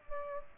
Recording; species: mosquito wingbeat signal from an infrared sensor; Aedes aegypti